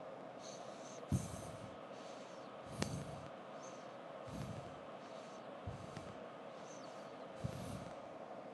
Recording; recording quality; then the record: shallow breathing; excellent, no background noise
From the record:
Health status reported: healthy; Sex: male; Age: 28 years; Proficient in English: yes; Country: United States